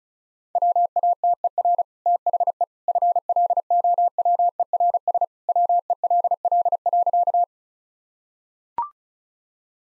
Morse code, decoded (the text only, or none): WATER THE FLOWERS WELL.